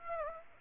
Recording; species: mosquito wingbeat signal from an infrared sensor; Aedes aegypti